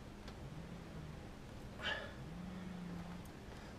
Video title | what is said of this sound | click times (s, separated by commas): Ford Ranger Ignition Coil Replacement | sorry I'm just trying to get this thing to seat enough properly because I don't hear the click so | none